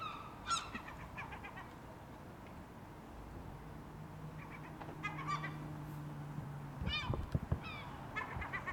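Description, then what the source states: Gull squawks in scattered bursts with quiet gaps, over a low droning hum through the second half. Gulls recorded in an urban setting.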